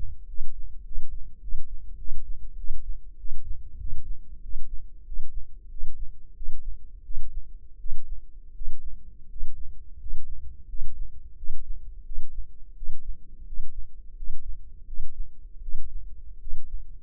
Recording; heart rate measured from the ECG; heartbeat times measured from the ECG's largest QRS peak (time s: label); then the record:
heart sounds by microphone in the left ear; 89 bpm
0.26 s: heartbeat
0.83 s: heartbeat
1.40 s: heartbeat
1.97 s: heartbeat
2.56 s: heartbeat
3.17 s: heartbeat
3.78 s: heartbeat
4.41 s: heartbeat
5.04 s: heartbeat
5.69 s: heartbeat
6.34 s: heartbeat
7.03 s: heartbeat
7.78 s: heartbeat
8.53 s: heartbeat
9.28 s: heartbeat
9.98 s: heartbeat
10.67 s: heartbeat
11.35 s: heartbeat
12.03 s: heartbeat
12.74 s: heartbeat
13.45 s: heartbeat
14.15 s: heartbeat
14.85 s: heartbeat
15.60 s: heartbeat
16.39 s: heartbeat
From the record:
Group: healthy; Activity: rest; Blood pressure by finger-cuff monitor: 123/65 mmHg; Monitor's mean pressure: 79 mmHg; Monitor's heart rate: 88 bpm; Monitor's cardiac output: 8.4 L/min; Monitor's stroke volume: 94 mL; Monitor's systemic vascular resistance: 670 dyn s/cm5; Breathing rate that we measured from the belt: 13 breaths a minute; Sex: male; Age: 23 years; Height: 179 cm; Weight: 87 kg